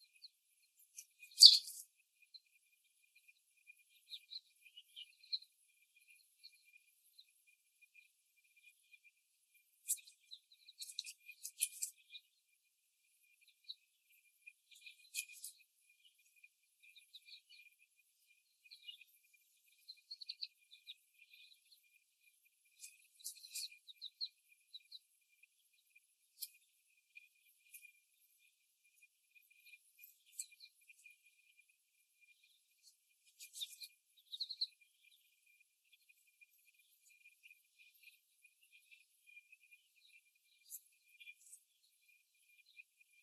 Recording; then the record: young laying hens in a cage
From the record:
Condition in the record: after the stressor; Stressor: simulated dog barking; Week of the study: 1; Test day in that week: 1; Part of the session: 4